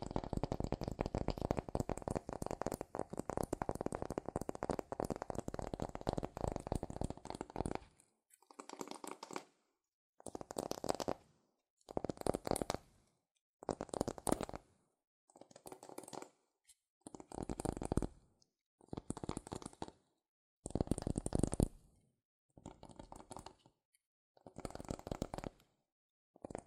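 Fast, dense tapping and scratching on cardboard or paper runs steadily for eight seconds, then breaks into short bursts separated by silences.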